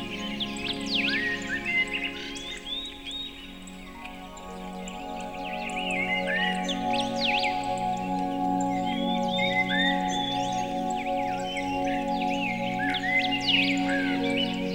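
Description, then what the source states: Birds singing repeated upslurred whistles and short chirps in bursts, accompanied by a steady background of held musical chords. Birdsong mixed with music.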